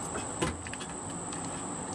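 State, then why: Not seated. A pop riveter holds a rivet fitting in a drilled hole in a gasifier grate housing, which serves as a thermocouple mount. Over a steady high hiss there are a few light handling knocks, with a bump near 0.4 s and two faint taps at about 0.7 s. The fitting has not seated and the rivet is not pulled, so nothing has clicked yet.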